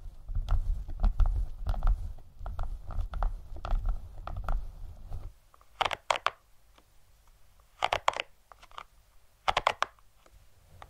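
Fluffy mic triggers: for the first five seconds a dense, low, muffled rubbing with quick rhythmic strokes about twice a second. After that it goes mostly quiet, broken by short crisp rustling bursts near six, eight and ten seconds.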